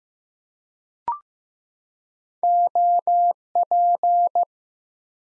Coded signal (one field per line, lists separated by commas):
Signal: Morse code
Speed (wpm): 15 wpm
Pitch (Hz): 700 Hz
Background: none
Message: OP